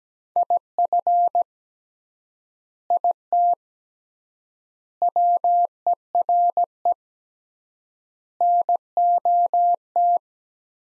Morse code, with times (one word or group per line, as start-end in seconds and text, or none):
0.4-1.4 IF
2.9-3.5 IT
5.0-6.9 WERE
8.4-10.2 NOT